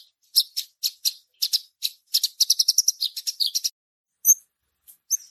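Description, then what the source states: Bush lark song: scattered high chirps that bunch into a quick chattering burst, then break into a few isolated thin whistled notes separated by silences. Javan bush lark (branjangan) song described with the Indonesian word gacor.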